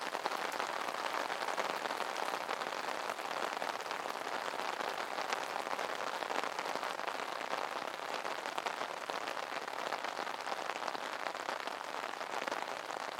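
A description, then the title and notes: Rain patters steadily on an umbrella overhead, a dense, even crackle of countless drops. The sound stays bright and constant for the whole stretch, with tiny sharper taps flickering through and no other sounds breaking in. Rain under the umbrella.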